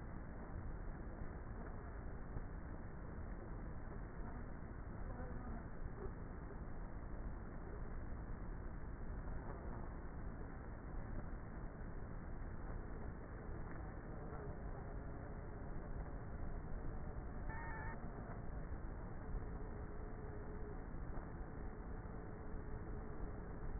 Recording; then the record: honeybee colony, microphone inside the hive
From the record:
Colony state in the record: queenless with a low population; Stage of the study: before two queens were removed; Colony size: about 30,000 bees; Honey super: no